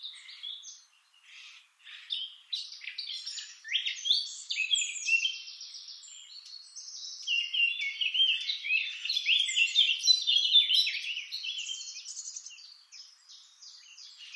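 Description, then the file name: Eurasian blackcap delivering a long, varied warble, fast chattering notes building into a louder, richer run of clear phrases before fading. "Sylvia atricapilla"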